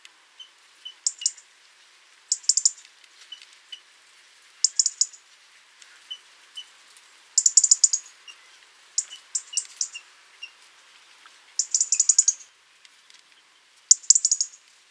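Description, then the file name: European robin calls: bursts of high, thin, buzzy notes at uneven intervals, with faint softer ticking notes between them. "Erithacus rubecula"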